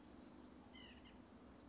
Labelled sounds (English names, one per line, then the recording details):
White-breasted Nuthatch
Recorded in Sonoma County, California